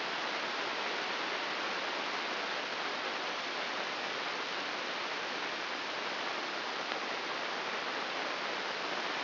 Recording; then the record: brain microelectrode recording played as sound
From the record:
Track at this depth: inside the subthalamic nucleus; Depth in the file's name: 4.801 mm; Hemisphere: right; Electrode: 2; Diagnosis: Parkinson's disease